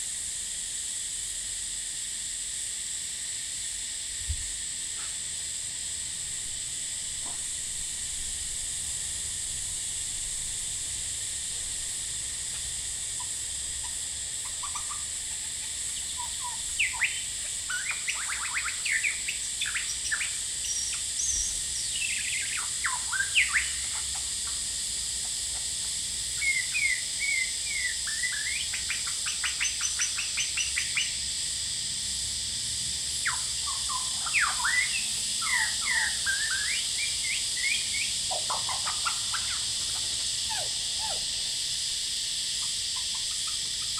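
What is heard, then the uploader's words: A male lyrebird sings outside a window, starting after about sixteen seconds with a run of varied whistles, sweeps and chattering bursts that come and go. Underneath, cicadas keep up a constant, high, shimmering drone from start to finish. Lyrebird - Horsfield Bay NSW. Male lyrebird just going bonkers outside my window while I was trying to work today. The noise you are hearing is actually cicadas trying to get laid every bit as hard as the lyrebird is.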